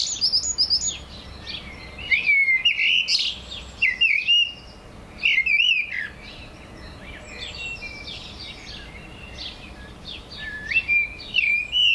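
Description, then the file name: Eurasian blackbird song of mellow warbles and high twittering, in phrases separated by short pauses. "Turdus merula"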